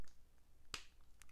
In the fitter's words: so as i push them in you can hear a snap and i just assumed okay well it's in but then i started looking at it closer and realized